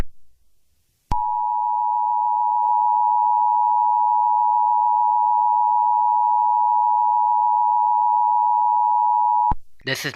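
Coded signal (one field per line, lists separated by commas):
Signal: Emergency Alert System (SAME) tones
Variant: 853 and 960 Hz attention tone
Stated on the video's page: Fake EAS tornado warning bulletin, not a real alert.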